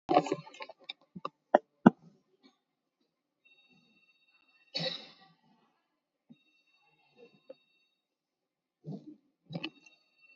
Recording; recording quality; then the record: deep breathing; poor, much background noise or distortion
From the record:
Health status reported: COVID-19 positive, mild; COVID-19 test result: positive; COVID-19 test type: RT-PCR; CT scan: not taken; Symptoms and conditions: fatigue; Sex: male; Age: 31 years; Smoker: no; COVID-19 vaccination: none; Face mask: not worn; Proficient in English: yes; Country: India